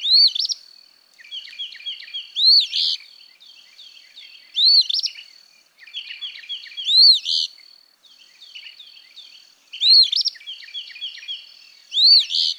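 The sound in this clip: Eastern phoebe repeating a short phrase six times, every two to three seconds, with a thin steady high tone running throughout.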